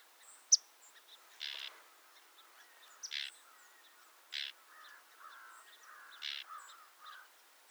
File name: Sedge Wren - Cistothorus stellaris